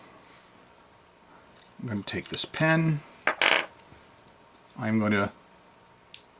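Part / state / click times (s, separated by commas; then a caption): cap or piston lock on a fountain pen / released / 6.1 s. Someone talks while picking up a fountain pen that has never been inked and working its cap or piston lock to open it before filling. After a pause, a single sharp click sounds at 6.1 s as the part releases.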